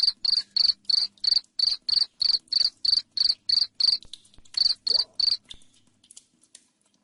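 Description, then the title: Cricket chirping in a brisk, regular train of sharp high pulses, a brief pause, three more chirps, then fading clicks. Loud cricket chirping, used to make lovebirds keep trilling. "Suara JANGKRIK NGERIK Keras Bikin LOVEBIRD Jadi NGEKEK Terus"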